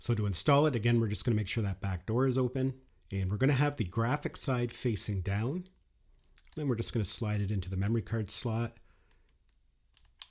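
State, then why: Seated. A person talks while a 256 GB microSD card (Extreme Pro) is slid graphics side down into the memory card slot of a DJI Air 3S drone, with the back door open. After a few faint taps, the card clicks into place at 10.2 seconds and is seated.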